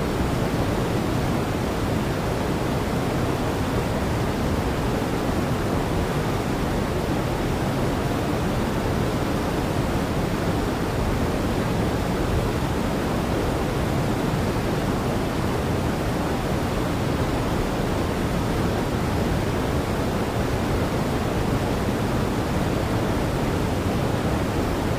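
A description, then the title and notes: A waterfall roars in a steady, dense rush, heavy in the low and middle range, unchanging in loudness from start to finish. Roaring Waterfall White Noise. The roaring sound of a waterfall is nature's best white noise!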